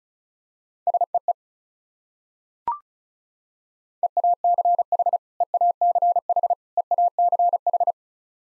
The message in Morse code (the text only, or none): SEE EACH EACH EACH